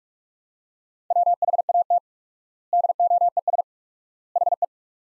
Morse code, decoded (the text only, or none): WHAT DOES HE